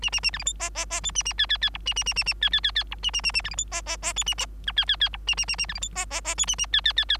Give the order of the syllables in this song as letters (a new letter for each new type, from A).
A A A B C D E E E F A A G G G H A A A A A G G G G H A A A A B C D E E E F A I G G G H A A A A B C D E E E F A A G G G G